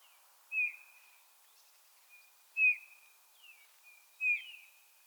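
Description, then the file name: Eurasian bullfinch uttering soft, plaintive whistled notes, three louder falling pipes about every two seconds, with fainter whistles in between. "Pyrrhula pyrrhula"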